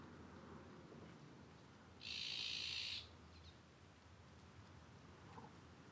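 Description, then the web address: Eurasian jay giving a single harsh, rasping screech about one second long, broad and noisy, over a faint background hiss. "SETE data Garrulus glandarius"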